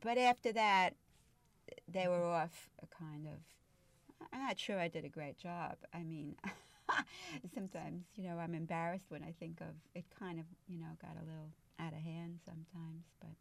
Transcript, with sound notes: But after that they were off kind of. I'm not sure I did a great job. (She laughs.) I mean, sometimes I'm embarrassed when I think of, it kind of, you know, got a little out of hand sometimes, but...